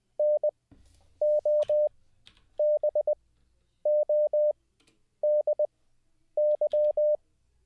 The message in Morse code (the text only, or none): NOBODY